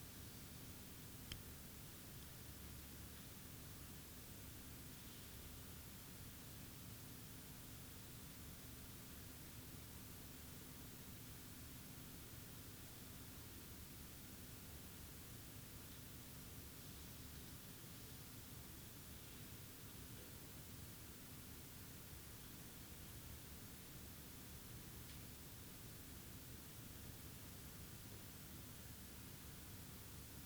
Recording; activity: daily activity, guitar pickup as the sensor; sit